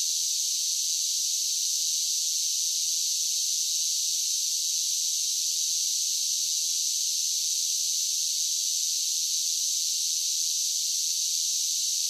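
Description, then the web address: Continuous cicada drone from a large group, a flat, sizzling high buzz of steady loudness with no breaks or other voices. "Blast Wave SSFX Cicadas Sing. cicadas large group steady drone insects bugs"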